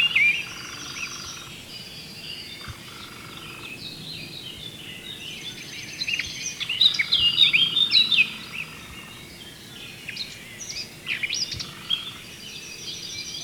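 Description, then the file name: Eurasian blackcap singing a quick warbled phrase, then shorter phrases, over a steady high-pitched droning background. "Sylvia atricapilla"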